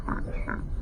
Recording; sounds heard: poultry house recording; sick chickens (respiratory disease)